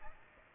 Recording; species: mosquito wingbeat signal from an infrared sensor; Aedes aegypti